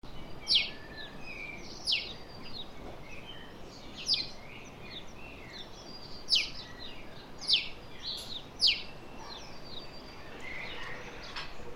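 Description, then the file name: House sparrow chirps, short sharp notes repeated every second or two, with softer notes and steady background hiss. "Passer domesticus"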